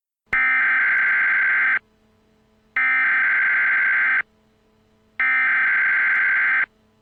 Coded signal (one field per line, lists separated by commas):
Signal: Emergency Alert System (SAME) tones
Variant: header bursts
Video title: Eas Recreation| TORNADO WARNING ; SHREVEPORT LA 04/09/15